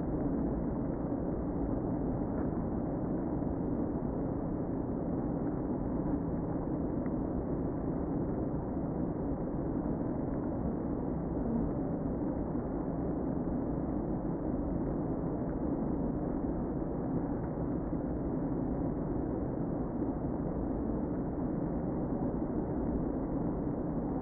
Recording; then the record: honeybee colony, microphone inside the hive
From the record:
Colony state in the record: queen present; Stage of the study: before two queens were removed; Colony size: about 60,000 bees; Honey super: yes